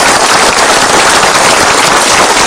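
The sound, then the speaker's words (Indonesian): An audience on the Mario Teguh Golden Ways show applauds a singer's performance loudly and steadily, a dense, crackling wash of many hands clapping that holds an even level throughout, with no voices. “Boleh kita kasih tepuk tangan sekali dulu”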